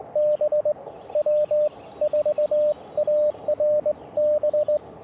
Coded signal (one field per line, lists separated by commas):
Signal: Morse code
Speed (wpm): 20 wpm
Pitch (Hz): 600 Hz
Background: radio noise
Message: B W4ARB